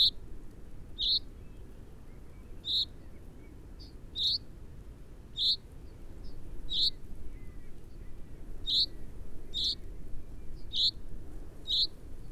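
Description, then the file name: Common chaffinch calls: crisp high 'pink' notes repeated every second or so, some paired, with faint low rumble in the background. "Fringilla coelebs"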